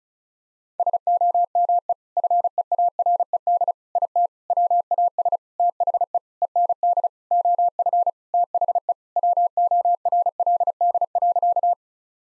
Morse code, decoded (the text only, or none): SOME FEARED IT WAS THE END OF THE WORLD.